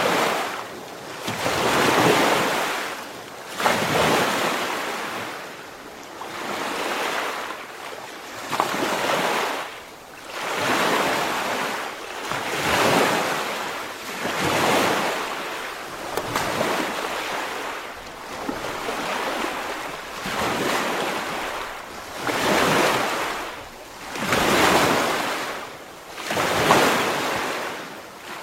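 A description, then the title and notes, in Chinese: Small waves from a lake wash in and break one after another, each a soft hissing surge that swells and fades every two to three seconds in a steady rhythm. The splashes sound fairly bright, with a low gusting wind underneath. 大自然的声音-湖水浪花。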